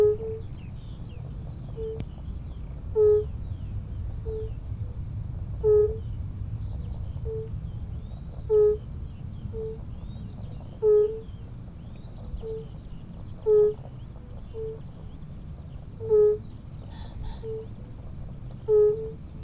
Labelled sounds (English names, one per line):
Fire-Bellied Toad call